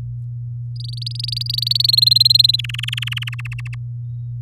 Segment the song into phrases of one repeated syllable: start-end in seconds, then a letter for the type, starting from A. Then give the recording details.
0.76-1.91 A, 1.93-2.56 B, 2.58-3.29 C, 3.32-3.75 D. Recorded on 4 May 2018 at 06:08. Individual llb16